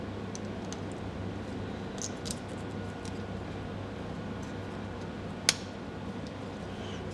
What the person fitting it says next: snaps back in and we are finished